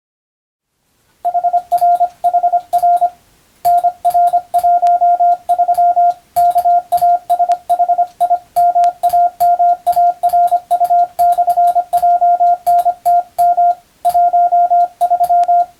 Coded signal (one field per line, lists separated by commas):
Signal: Morse code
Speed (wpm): 25 wpm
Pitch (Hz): 700 Hz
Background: radio noise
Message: HRHR NR13 KASHIMAMARU/JNTM 13